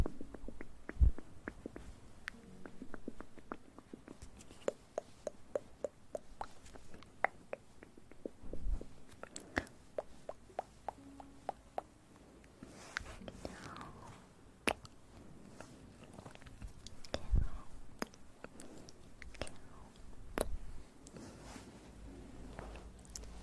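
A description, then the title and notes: Wet, clicky eating sounds continue for the whole stretch, with dense sharp snaps and smacks arriving irregularly, several a second. Louder pops stand out near 1, 15 and 20 seconds, and a low murmur and soft rustling run underneath. Relaxing Ear Eating.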